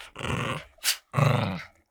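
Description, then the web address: Chihuahua snarling in two harsh, raspy growled bursts, each under a second, separated by a short sharp noise. Snarling during a fight. "soundpool geraeusche natur-tiere hunde"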